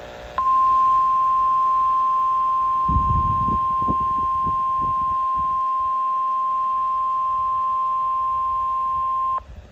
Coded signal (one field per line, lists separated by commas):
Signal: Emergency Alert System (SAME) tones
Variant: 1050 Hz attention tone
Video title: (EAS #440) Tornado Watch #282